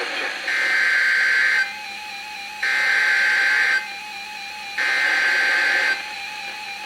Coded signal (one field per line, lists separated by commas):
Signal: Emergency Alert System (SAME) tones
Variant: header bursts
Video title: EAS #1394-#1397: New Place! | WXM71 & WXM72